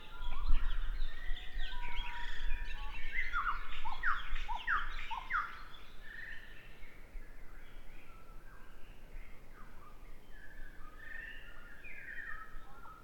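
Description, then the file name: Several birds chirp and sing together in a dense, busy chorus of short sharp notes and trills that thin out toward the end, with a low rumbling background. "freesound singing birds"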